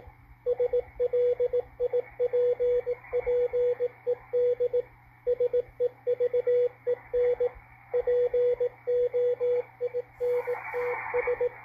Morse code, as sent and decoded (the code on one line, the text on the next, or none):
... .-.. .. .--. .--. . -.. / ... . ...- . -. / .--. --- .. -. - ...
SLIPPED SEVEN POINTS